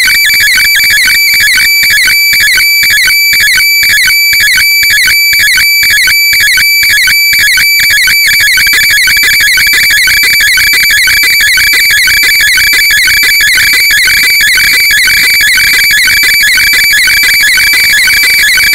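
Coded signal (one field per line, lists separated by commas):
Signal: weather fax (radiofax)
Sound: rapid rhythmic warbling tone jumping between two pitches, ticking steadily like a scanning printer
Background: radio static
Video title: 13986.6kHz JMH Radio Fax by JMA, Test Chart & Satellite Photo of Typhoon Maria / FAX Softwear KG-FAX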